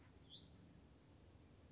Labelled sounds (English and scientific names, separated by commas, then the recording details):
Hutton's Vireo (Vireo huttoni)
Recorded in Sonoma County, California